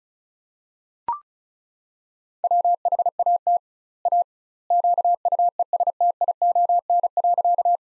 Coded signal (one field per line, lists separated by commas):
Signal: Morse code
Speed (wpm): 36 wpm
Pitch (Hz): 700 Hz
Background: none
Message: WHAT A QUESTION.